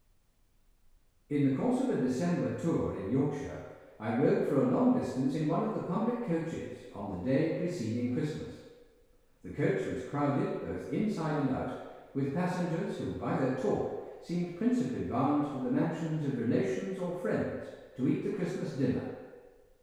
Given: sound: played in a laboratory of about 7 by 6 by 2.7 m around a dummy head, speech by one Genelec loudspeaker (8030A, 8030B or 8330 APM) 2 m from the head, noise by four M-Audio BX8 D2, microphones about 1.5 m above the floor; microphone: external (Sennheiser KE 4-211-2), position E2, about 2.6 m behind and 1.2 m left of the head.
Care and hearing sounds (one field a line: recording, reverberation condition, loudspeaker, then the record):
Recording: male speech in English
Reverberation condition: high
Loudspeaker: 150 degrees to the left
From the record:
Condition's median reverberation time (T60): about 1300 ms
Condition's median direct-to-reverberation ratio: about -4.0 dB